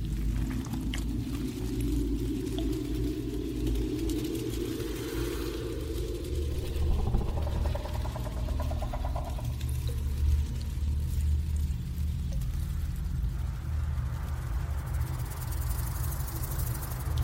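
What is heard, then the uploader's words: A steady, dense alien hive ambience built on a deep, constant rumble with low droning tones layered above it. Between about seven and ten seconds a brighter hum swells up, and a thin hiss grows toward the end. Alien hive ASMR ambience.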